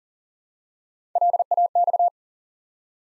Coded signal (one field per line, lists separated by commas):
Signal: Morse code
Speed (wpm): 40 wpm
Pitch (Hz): 700 Hz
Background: none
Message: LAX